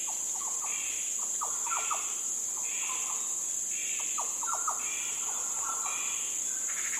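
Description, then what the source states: Yellow oriole fluty song: quick whistled notes and short slurred phrases, repeated steadily, with higher buzzy notes at regular intervals and a continuous high hum behind. Yellow orioles giving fluty sounds.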